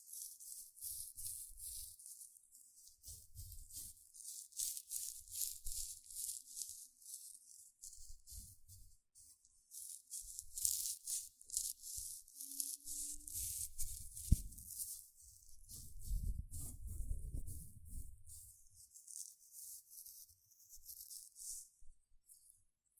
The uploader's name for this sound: Tingly Gentle Scratching Sounds